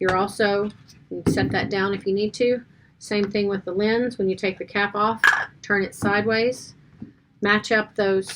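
An interchangeable lens is being handled for fitting into a camera body mount: the cap comes off, the lens is held turned sideways, and its marks are lined up with the mount while someone talks throughout. Faint handling clinks sit under the speech. Nothing has seated or clicked yet.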